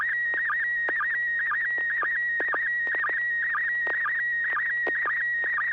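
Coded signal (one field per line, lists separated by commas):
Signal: SSTV (slow-scan television)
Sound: steady high whistling tone broken by quick warbling dips and clicks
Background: FM radio hiss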